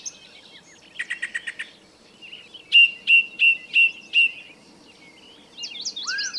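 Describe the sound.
Birds singing: a short buzzy trill, then five loud clear evenly spaced whistles, ending with high twittering and a slur.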